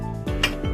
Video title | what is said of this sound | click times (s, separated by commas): OER-Elite Leaking Scope Decontamination | Now, close the lid. You should hear a click ensuring the lid lock is secure. | 0.4 s